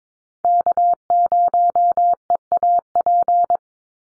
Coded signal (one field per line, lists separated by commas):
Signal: Morse code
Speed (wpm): 22 wpm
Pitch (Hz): 700 Hz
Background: none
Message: K0EAP